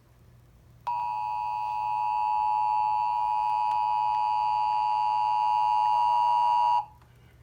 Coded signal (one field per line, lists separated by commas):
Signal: Emergency Alert System (SAME) tones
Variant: 853 and 960 Hz attention tone